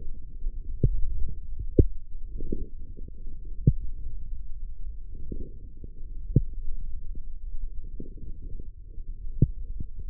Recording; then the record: forearm muscle sounds (acoustic myography)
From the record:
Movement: forearm pronation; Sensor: system 1, eight BSWA MPA416 microphones around the upper forearm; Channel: 6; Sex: male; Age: 20 years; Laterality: left